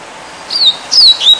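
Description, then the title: Double-collared Seedeater song: a few high, thin whistled notes gliding down, sung in quick succession. "Canto Coleiro"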